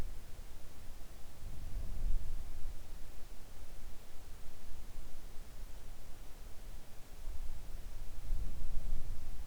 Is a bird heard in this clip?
no